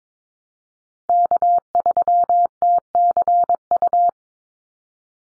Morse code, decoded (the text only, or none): K3TCU